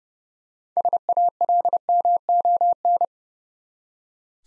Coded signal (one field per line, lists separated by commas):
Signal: Morse code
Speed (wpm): 30 wpm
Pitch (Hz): 700 Hz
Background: none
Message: SALMON